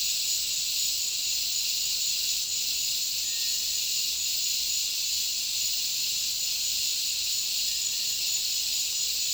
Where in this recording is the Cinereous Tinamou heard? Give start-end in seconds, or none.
3.22-3.83